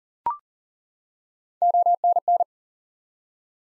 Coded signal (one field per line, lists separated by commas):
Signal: Morse code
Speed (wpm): 40 wpm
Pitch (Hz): 700 Hz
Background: none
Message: ONN